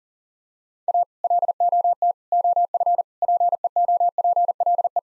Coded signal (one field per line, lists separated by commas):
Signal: Morse code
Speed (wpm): 40 wpm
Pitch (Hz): 700 Hz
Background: none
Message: A LOT OF PEOPLE